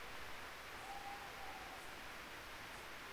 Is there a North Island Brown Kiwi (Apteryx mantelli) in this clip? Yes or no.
no